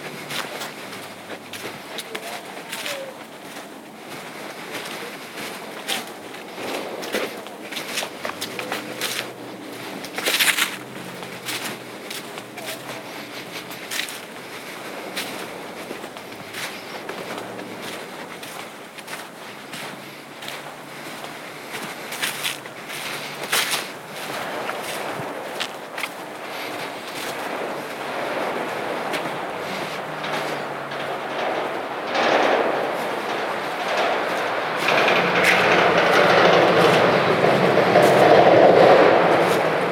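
A night hike on the Appleton Trail: irregular crunching footsteps and brushing sounds, with a steadier rising hiss building over the final seconds.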